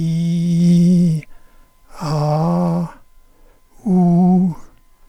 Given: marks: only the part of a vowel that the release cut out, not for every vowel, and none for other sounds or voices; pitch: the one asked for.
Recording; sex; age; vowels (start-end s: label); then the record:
sustained vowels; male; 70 to 79 years
0.00-1.13 s: vowel /i/, normal pitch
2.08-2.81 s: vowel /a/, normal pitch
3.90-4.47 s: vowel /u/, normal pitch
From the record:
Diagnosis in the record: dysarthrophonia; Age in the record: 72 years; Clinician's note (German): Bei M. Parkinson